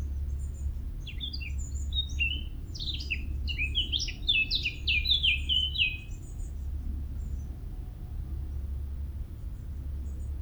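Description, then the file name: Eurasian blackcap gives a hurried burst of twittering, slurred notes lasting about five seconds, then quiet, with a continuous low hum throughout. "Sylvia atricapilla"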